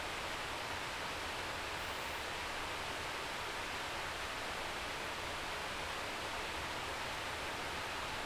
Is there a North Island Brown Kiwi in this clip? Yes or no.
no